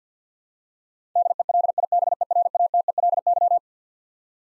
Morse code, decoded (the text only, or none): DELIBERATELY